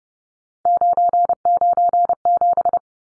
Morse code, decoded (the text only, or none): 997